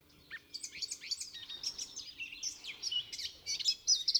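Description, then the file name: Eurasian blackcap song, hurried twittering notes and short whistled slurs strung together, ending in brighter, louder phrases. "Sylvia atricapilla"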